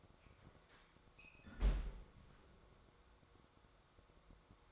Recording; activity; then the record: daily activity, microphone in the room; close fridge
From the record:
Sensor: 3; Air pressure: 1004.6 hPa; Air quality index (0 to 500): 193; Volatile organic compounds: 13 ppm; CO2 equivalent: 2420 ppm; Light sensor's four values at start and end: 5/12/4/4 and 5/12/4/4